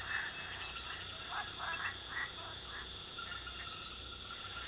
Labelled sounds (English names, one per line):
none